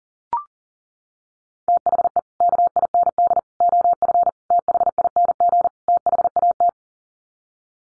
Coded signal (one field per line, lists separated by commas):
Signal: Morse code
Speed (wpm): 37 wpm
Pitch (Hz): 700 Hz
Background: none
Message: THE KIND OF THING THAT